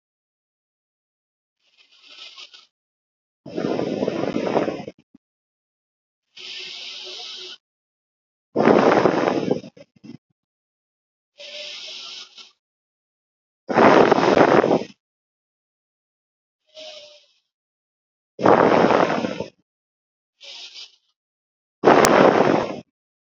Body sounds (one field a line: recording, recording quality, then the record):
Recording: deep breathing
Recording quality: excellent, no background noise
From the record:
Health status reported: COVID-19 positive, no symptoms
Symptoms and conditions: none ticked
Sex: female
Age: 20 years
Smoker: not ticked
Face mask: not worn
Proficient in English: yes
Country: India